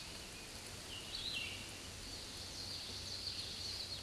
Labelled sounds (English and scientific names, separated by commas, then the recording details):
Scarlet Tanager (Piranga olivacea) song
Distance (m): 5 m
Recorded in a Pennsylvania forest on 19 May 2023 at 09:56
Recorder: AudioMoth, point grid1_7_low
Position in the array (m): 159 m, 72 m